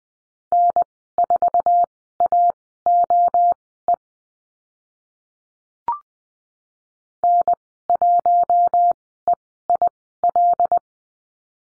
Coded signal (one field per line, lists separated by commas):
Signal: Morse code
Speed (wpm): 20 wpm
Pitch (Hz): 700 Hz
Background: none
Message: N4AOE N1EIL